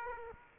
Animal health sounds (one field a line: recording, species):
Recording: mosquito wingbeat signal from an infrared sensor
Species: Aedes aegypti